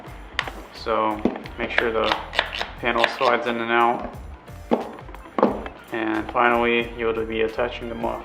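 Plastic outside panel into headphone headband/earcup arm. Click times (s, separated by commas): 0.4 s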